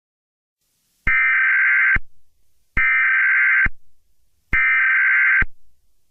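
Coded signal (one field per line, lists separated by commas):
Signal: Emergency Alert System (SAME) tones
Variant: header bursts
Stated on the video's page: Fictional EAS scenario, a work in progress.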